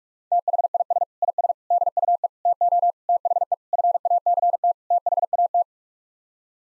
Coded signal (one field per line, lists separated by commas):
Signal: Morse code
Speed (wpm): 46 wpm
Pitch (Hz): 700 Hz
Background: none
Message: THIS IS DUE TO THE FACT THAT